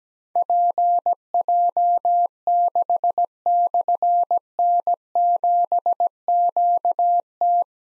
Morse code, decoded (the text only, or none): PJ6/N7QT